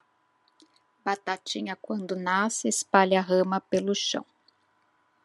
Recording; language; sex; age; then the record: short text; Brazilian Portuguese; female; 40 to 49 years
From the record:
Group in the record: control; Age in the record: 48 years